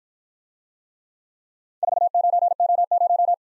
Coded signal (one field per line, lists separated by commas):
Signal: Morse code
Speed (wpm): 51 wpm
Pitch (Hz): 700 Hz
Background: none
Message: 49O0